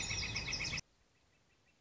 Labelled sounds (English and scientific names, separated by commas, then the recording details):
Northern Flicker (Colaptes auratus)
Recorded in Sonoma County, California